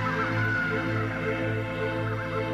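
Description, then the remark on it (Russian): Seagulls call over the ocean at sunset in a fresh breeze, a steady stream of nasal, harmonic cries that overlap and hold at an even loudness for the whole stretch, with no one speaking. “Оранжево-красные тона, чайки, свежий бриз и парящие повсюду мечтательные мысли.”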